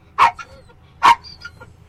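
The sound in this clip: Dog giving two loud, abrupt barks a little under a second apart, each followed by fainter short notes.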